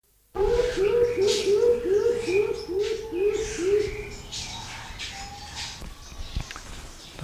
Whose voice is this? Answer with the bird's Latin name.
Ptilinopus aurantiifrons